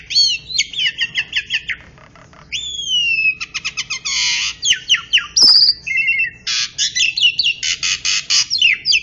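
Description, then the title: Oriental magpie-robin song: a rich, varied run of whistled notes, rapid repeated trills and buzzy phrases mostly high-pitched, with brief pauses between bursts; a sharp click midway. "Kicau Kacer"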